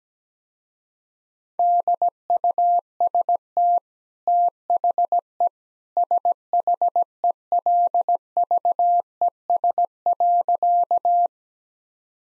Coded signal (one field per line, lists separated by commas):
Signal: Morse code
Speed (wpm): 17 wpm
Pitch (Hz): 700 Hz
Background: none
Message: DUST THE SHELVES.